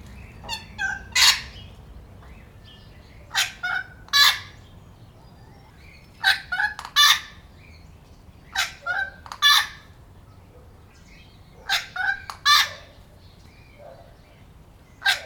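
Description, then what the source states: Wattlebird calls, harsh raspy clucking bursts in pairs and triplets, repeated every few seconds over low background rumble. Recorded with a Zoom recorder.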